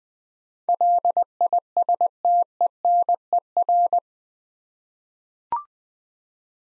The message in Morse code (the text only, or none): LISTENER